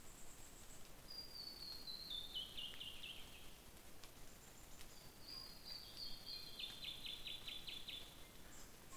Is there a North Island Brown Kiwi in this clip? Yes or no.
no